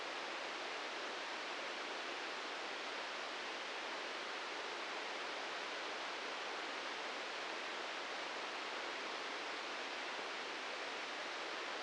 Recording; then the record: brain microelectrode recording played as sound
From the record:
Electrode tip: outside the subthalamic nucleus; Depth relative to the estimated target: 3 mm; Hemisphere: right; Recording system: NeuroSet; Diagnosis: Parkinson's disease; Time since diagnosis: 15 years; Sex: male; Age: 65 years